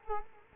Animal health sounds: mosquito wingbeat signal from an infrared sensor; Culex quinquefasciatus

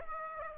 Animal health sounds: mosquito wingbeat signal from an infrared sensor; Aedes aegypti

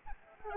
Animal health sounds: mosquito wingbeat signal from an infrared sensor; Anopheles arabiensis

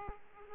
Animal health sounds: mosquito wingbeat signal from an infrared sensor; Aedes aegypti

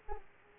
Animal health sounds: mosquito wingbeat signal from an infrared sensor; Aedes aegypti

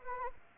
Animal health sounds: mosquito wingbeat signal from an infrared sensor; Anopheles arabiensis

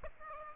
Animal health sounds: mosquito wingbeat signal from an infrared sensor; Aedes aegypti

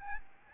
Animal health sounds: mosquito wingbeat signal from an infrared sensor; Aedes albopictus

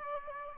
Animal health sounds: mosquito wingbeat signal from an infrared sensor; Aedes albopictus

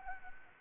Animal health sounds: mosquito wingbeat signal from an infrared sensor; Anopheles gambiae

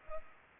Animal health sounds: mosquito wingbeat signal from an infrared sensor; Culex pipiens

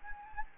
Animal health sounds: mosquito wingbeat signal from an infrared sensor; Anopheles gambiae

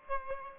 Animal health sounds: mosquito wingbeat signal from an infrared sensor; Aedes albopictus

